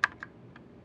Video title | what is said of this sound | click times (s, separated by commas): New Desktop Optane Memory Installation 8 16 | when inserting it line up your notches and listen for a click great | 0.0 s